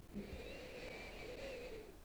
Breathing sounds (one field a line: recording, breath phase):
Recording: one breath near a microphone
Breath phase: inhalation